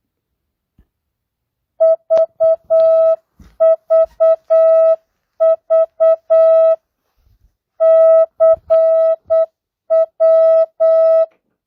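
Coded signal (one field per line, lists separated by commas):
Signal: Morse code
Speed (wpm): 8 wpm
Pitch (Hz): 650 Hz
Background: music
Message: VVV CW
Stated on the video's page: Morse practice at 8 wpm, non-Farnsworth, mixed words, numbers and punctuation.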